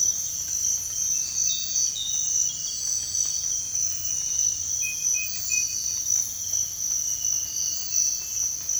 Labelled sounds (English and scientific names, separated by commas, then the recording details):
none
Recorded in dense forest near Puerto Asís, Putumayo, Colombia, on 22 December 2024 at 05:00
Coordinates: 0.468, -76.322
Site G071